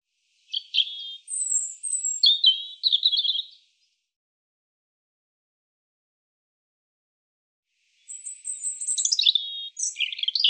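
European robin delivering two phrases of high, liquid warbles and thin drawn-out whistles, the second phrase following a pause of about four seconds.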